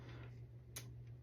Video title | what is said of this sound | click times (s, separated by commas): Unboxing Mattel’s Baby Heather the problematic doll! From @crazyrobotlady3391 | that's a good latch. I think that would hold. | 0.8 s